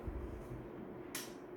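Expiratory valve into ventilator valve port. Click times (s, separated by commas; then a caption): 1.1 s. An expiratory valve and its coupling piece are placed into the valve port of a SiriusMed R30/R50 ventilator and turned to the right, against a steady low hum. A sharp click at 1.2 s is the locking catch engaging. The valve is seated and locked so it cannot move.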